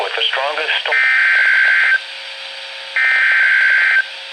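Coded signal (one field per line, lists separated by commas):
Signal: Emergency Alert System (SAME) tones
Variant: header bursts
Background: speech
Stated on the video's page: Severe thunderstorm warning for two Texas counties, received from two NOAA weather radio stations.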